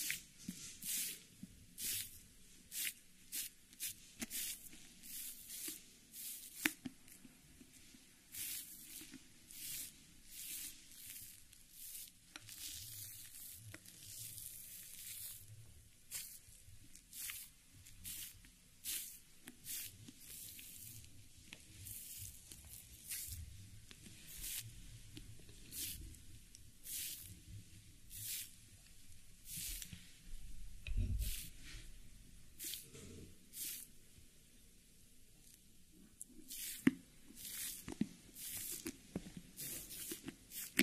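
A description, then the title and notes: Hair rolling with a steady run of short, bright crackling strokes repeating about once or twice a second throughout. Underneath sits a soft low rumble that swells briefly around the thirty-second mark, with a few sharper clicks near the end. Hair roll.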